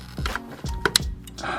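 While reinstalling the intake on a G35 coupe, the plastic wiring harness connector is pushed onto the throttle body sensor plug. A sharp double click sounds at 0.9 s and 1.0 s, with fainter ticks before and after. The connector is seated.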